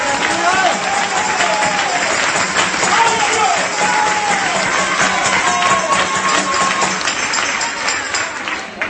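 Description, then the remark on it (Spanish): A church audience claps hands at an evening service in a dense, continuous patter of applause, loud and steady throughout, with excited voices shouting and calling out over it. “Voy a aplaudir por algunos que vinieron mancos hoy esta noche, hermano.”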